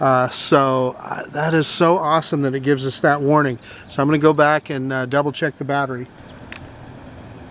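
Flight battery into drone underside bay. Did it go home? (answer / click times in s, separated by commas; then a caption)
yes / 6.5 s. Someone talks until about 6 seconds, then stops, and a single sharp click sounds at 6.5 s as the bottom-mounted flight battery of a Hubsan Zino 2 drone is squeezed into the underside bay. The click follows a battery-not-fastened warning, and the battery seats in place, clearing the warning.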